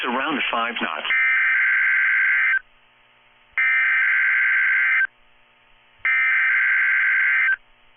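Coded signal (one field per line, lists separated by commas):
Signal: Emergency Alert System (SAME) tones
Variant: header bursts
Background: speech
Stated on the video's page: NOAA Weather Radio Required Weekly Tests.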